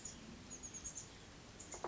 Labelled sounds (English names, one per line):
Chestnut-backed Chickadee